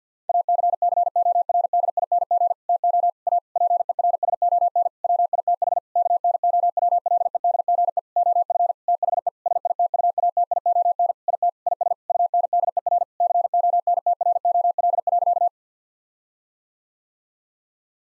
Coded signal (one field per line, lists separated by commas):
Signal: Morse code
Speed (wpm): 50 wpm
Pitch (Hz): 700 Hz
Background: none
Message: ACCORDING TO A PERSON WITH KNOWLEDGE OF THE SITUATION IT IS UNDER CONTROL.